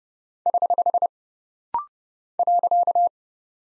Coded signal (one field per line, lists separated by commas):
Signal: Morse code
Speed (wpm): 29 wpm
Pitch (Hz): 700 Hz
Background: none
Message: <HH> .